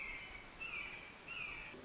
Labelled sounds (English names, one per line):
Red-shouldered Hawk